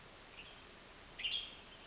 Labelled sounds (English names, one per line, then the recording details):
Western Tanager
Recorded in Sonoma County, California